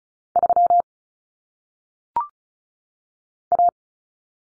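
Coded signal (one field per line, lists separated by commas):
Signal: Morse code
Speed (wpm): 36 wpm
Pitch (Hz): 700 Hz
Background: none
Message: 3 A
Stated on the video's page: Common single-digit cut numbers in Morse code at 35 wpm, head-copy drill, each number sent twice.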